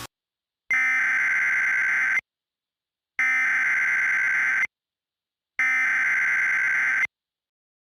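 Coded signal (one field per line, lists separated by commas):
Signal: Emergency Alert System (SAME) tones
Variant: header bursts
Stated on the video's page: Fictional EAS scenario.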